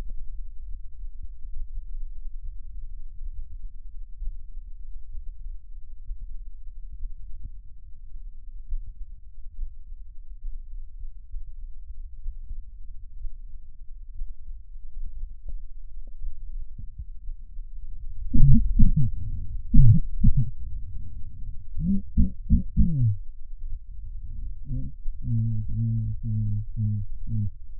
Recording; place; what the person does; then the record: lung sounds by stethoscope; left posterior apical chest; quiet breathing, then cough and speech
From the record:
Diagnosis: none (healthy); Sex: male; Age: 30 years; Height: 190 cm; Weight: 88 kg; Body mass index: 24.4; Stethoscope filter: bell mode